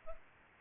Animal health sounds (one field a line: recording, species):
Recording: mosquito wingbeat signal from an infrared sensor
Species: Aedes aegypti